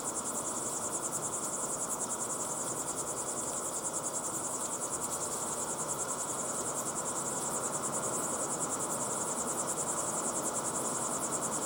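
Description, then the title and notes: Crickets chirp in a dense, fast, even trill high in pitch, a constant chorus with faint low background noise. Several crickets chirping at sunset in the Timanfaya pyroclastic desert, Lanzarote; recorded in the field with ambisonic equipment, converted to binaural audio. "Binaural Cricket Sounds. crickets at sunset in the incredible Timanfaya pyroclastic desert on the island of Lanzarote"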